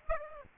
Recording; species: mosquito wingbeat signal from an infrared sensor; Aedes aegypti